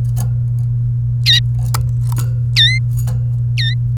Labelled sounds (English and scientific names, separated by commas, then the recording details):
Domestic Canary (Serinus canaria) song
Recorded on 29 April 2018 at 12:50
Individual llb3